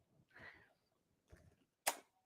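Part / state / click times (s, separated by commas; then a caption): looper connection lock on a serger sewing machine / seated / 1.9 s. The looper connection on a Brother Airflow 3000 serger is turned to line up with the arrow until it locks. Soft handling and rustling noises around 0.4 s and 1.4 s lead to a single sharp, bright snap at 1.9 s. The snap confirms the looper connection is engaged, after an earlier attempt made no snap.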